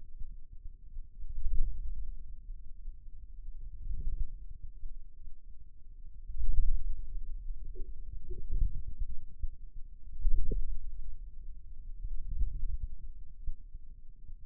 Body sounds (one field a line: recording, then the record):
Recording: forearm muscle sounds (acoustic myography)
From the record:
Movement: inward rotation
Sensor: system 2, bracelet of six BSWA MPA416 microphones around the upper forearm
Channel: 3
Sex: male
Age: 22 years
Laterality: right